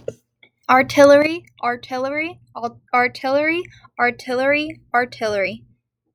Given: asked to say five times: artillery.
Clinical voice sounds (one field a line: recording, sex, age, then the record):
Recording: repeated word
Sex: female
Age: 18 to 19 years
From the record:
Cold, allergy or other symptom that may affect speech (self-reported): no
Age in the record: 18 years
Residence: Indiana, United States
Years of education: 14